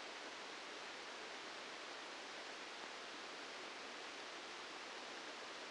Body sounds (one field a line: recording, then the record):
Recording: brain microelectrode recording played as sound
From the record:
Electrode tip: outside the subthalamic nucleus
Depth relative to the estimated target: -2 mm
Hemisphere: left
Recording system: NeuroSet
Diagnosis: Parkinson's disease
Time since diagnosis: 8 years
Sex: male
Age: 65 years